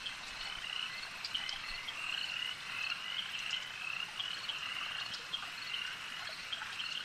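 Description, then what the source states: Insects buzzing in a dense, unbroken high chorus, steady throughout with small flickering chirps layered over the continuous drone. An insect swarm.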